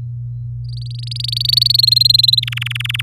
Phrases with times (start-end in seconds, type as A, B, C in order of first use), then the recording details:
0.64-1.72 A, 1.74-2.40 B, 2.42-3.01 C. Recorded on 4 May 2018 at 05:48. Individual llb16